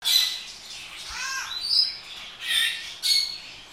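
Bird giving harsh, noisy squawking calls in several loud bursts, some with rising and falling notes.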